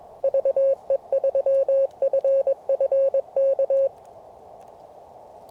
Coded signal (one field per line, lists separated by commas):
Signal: Morse code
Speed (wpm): 19 wpm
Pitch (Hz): 550 Hz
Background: none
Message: VE3FFK